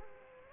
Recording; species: mosquito wingbeat signal from an infrared sensor; Aedes aegypti